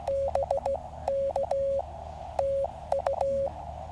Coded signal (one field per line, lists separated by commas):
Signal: Morse code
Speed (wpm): 16 wpm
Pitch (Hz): 550 Hz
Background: none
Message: BKTU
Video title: Lightning Delay CW POTA/SOTA | Cheaha Mountain Adventure